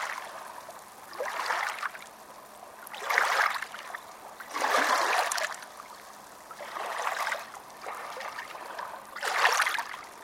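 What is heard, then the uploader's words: Small waves wash onto a beach in a steady rhythm, each one swelling and fading over about a second, five times in ten seconds. The splashes are soft and fizzy with little low rumble, over a quiet, constant hiss of water between them. Beach sound.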